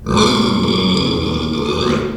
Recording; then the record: squeal of a Yucatan mini pig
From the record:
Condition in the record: after surgery on the right vocal fold (resection and tissue-engineered implant); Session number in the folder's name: 17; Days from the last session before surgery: 195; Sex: female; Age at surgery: 19 weeks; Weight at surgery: 25 kg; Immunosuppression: prednisolone